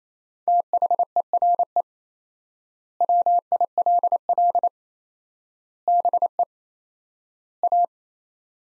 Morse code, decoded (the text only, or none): THERE WILL BE A